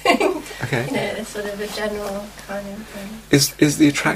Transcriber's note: laughs